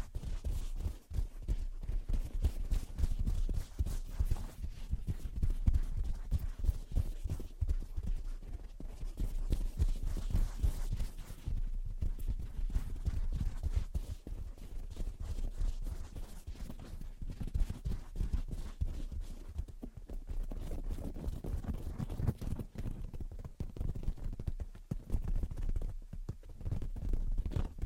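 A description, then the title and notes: Gentle tapping and scratching runs steadily for the whole stretch, a dense, quick patter of small knocks with an irregular, hoof-like rhythm. Each tap has a soft, low thud beneath a dry, scratchy edge, and the level barely changes from start to end. Gentle Tapping and Scratching. (No Talking).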